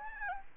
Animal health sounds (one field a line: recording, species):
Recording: mosquito wingbeat signal from an infrared sensor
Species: Aedes albopictus